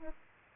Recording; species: mosquito wingbeat signal from an infrared sensor; Aedes albopictus